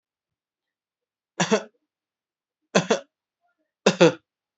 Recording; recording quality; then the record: shallow voluntary cough; excellent, no background noise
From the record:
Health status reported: healthy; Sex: male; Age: 20 years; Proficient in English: yes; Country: India